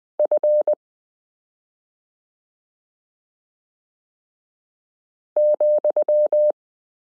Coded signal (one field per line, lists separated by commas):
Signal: Morse code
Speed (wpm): 20 wpm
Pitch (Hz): 600 Hz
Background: none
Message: F ,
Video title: Morse Code Listening Lesson 24 - i (.)period n j e f (0)zero y (,)comma v g 5 (/)slash q